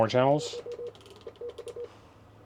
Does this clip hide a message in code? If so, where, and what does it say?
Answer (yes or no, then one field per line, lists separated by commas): no